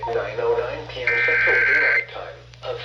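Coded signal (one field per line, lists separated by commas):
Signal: Emergency Alert System (SAME) tones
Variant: header bursts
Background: speech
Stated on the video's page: Real tornado warning alert, including an FM radio reception.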